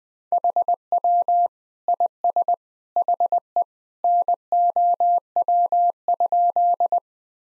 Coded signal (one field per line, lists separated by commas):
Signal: Morse code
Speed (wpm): 21 wpm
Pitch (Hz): 700 Hz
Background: none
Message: HW IS HE NOW?